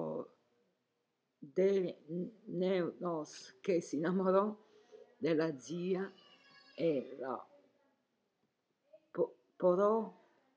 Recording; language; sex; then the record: read passage; Italian; female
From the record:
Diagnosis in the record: healthy control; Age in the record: 70 years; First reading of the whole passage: 149 s, 3.0 characters per second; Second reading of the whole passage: 105 s, 4.4 characters per second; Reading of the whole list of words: 65 s, 4.0 characters per second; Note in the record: marked for poor recording quality or reading difficulty